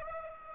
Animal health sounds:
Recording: mosquito wingbeat signal from an infrared sensor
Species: Aedes aegypti

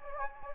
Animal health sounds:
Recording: mosquito wingbeat signal from an infrared sensor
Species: Anopheles gambiae

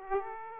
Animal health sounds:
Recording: mosquito wingbeat signal from an infrared sensor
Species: Aedes aegypti

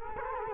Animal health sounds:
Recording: mosquito wingbeat signal from an infrared sensor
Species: Culex quinquefasciatus

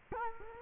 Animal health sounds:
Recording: mosquito wingbeat signal from an infrared sensor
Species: Culex quinquefasciatus

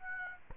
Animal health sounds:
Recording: mosquito wingbeat signal from an infrared sensor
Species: Aedes aegypti

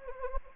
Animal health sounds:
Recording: mosquito wingbeat signal from an infrared sensor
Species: Anopheles arabiensis

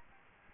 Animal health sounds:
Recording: mosquito wingbeat signal from an infrared sensor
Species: Anopheles gambiae

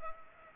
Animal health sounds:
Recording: mosquito wingbeat signal from an infrared sensor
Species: Culex pipiens

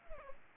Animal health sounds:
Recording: mosquito wingbeat signal from an infrared sensor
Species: Aedes aegypti

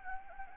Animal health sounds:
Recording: mosquito wingbeat signal from an infrared sensor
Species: Anopheles arabiensis

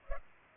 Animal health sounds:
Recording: mosquito wingbeat signal from an infrared sensor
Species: Culex pipiens

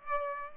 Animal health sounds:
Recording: mosquito wingbeat signal from an infrared sensor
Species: Aedes aegypti

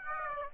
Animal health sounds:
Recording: mosquito wingbeat signal from an infrared sensor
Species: Aedes aegypti

